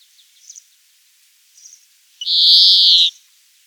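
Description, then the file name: European greenfinch with faint soft chips at first, then one loud, long buzzy wheeze of about a second near the end. "Chloris chloris"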